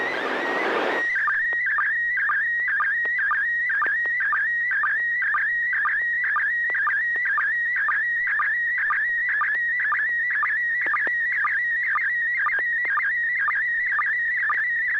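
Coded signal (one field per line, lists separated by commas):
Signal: SSTV (slow-scan television)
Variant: PD 120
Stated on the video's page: SSTV net images sent with MMSSTV over an FM repeater on 441.300 MHz in Sacramento, California.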